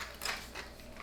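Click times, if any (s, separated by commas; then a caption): none. A 3D-printed toy head is handled and pressed toward the ball joint of the printed toy's body, giving soft scraping and rubbing sounds with a brief broadband rustle near 0.2–0.3 s and a fainter one around 0.6 s. The clip ends before the part goes home, and nothing has seated or clicked yet.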